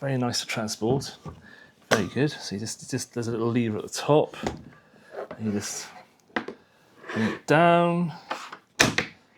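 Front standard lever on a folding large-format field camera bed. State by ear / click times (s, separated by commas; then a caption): seated / 8.8 s, 9.0 s. Someone talks while a small lever at the top of the front standard on a folding large-format field camera is pulled down, so the metal front stays in place on the camera bed. Two sharp clicks come at 8.8 and 9.0 seconds as the front standard locks in place.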